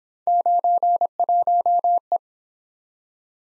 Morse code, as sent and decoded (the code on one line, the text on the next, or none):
----. .---- .
91E